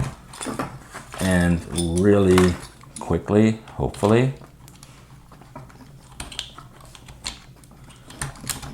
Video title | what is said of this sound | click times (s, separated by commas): Walkera Voyager 3 - unbox | There, this comes in, and you twist the red ring till it clicks, | 8.2 s, 8.5 s